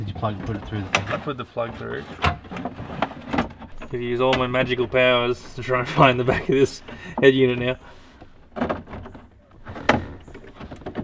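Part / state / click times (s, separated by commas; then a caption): car radio head unit into dashboard mounting / seated / 9.9 s. A modern car radio head unit, its connector already plugged in and fed through, is pushed into its dashboard mounting while people talk. Faint knocks and scrapes sound during the fitting, then a loud sharp click at 9.9 s marks the unit seating in the dash.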